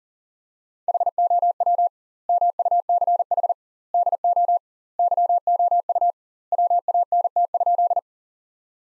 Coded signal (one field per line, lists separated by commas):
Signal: Morse code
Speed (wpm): 37 wpm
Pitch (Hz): 700 Hz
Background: none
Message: HOW MUCH DO YOU WANT?